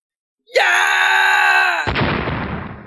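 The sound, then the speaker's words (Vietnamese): A man, struck by a punch and flying backward while coughing up blood, lets out a loud, sustained scream of terror for over a second, then it cuts abruptly into a harsh, noisy burst that fades out. “Cường giả đế tộc ho ra đầy máu tươi, đồng thời bay ngược ra sau, hắn sợ hãi hét.”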